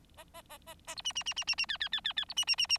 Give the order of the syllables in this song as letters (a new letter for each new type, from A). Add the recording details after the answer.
A A A A A B C C C C C C D D D D D B C C C C. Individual Bird4